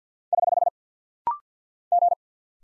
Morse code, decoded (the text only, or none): <HH> G